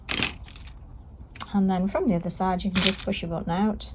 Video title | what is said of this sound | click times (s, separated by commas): Self Covered Button Tutorial | and put it push it on until it clicks | 0.1 s, 0.2 s